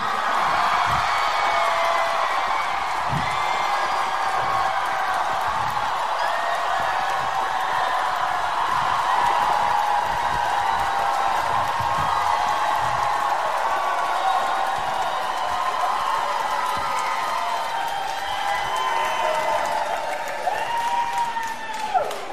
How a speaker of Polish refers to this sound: Tam, czyli w Poznaniu, tam, czyli w klubie Esculap, gdzie na scenie, jak słyszę, ten entuzjazm to musi być. To muszą być oklaski skierowane w jego stronę, gdzie na scenie jest Piotr Stelmach.